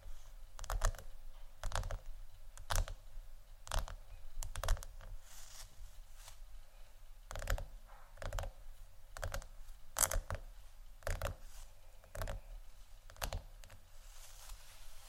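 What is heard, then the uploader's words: Scratching and tapping on tingly textures, with crisp, regular taps roughly every second over a soft, continuous bright scratchy rustle. ASMR Scratch & Tap On Tingly Textures（No Talking）.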